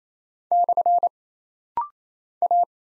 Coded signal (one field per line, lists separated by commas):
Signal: Morse code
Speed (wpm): 28 wpm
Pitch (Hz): 700 Hz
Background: none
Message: / A